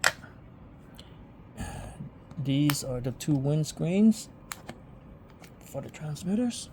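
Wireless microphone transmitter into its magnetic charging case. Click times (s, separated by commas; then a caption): 0.1 s. A Boya wireless lavalier microphone transmitter is placed into its plastic charging case, which has a magnetic connection, and it snaps into place with a loud, sharp click at 0.1 s. Someone then talks, with a few faint taps and handling clicks in between.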